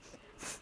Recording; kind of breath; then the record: one breath in and out by a microphone near the nose and mouth; strong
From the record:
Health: marked as sick, illness not named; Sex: female